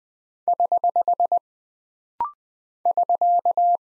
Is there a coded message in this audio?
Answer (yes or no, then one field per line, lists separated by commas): yes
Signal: Morse code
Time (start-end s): 0.5-3.8 s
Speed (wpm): 20 wpm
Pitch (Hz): 700 Hz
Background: none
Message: <HH> <SK>